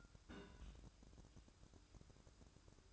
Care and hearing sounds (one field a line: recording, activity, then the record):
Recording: daily activity, microphone in the room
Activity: place on stove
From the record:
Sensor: 2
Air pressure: 1007.9 hPa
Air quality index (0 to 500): 106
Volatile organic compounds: 1 ppm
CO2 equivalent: 799 ppm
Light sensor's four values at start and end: 7/16/6/6 and 7/16/6/6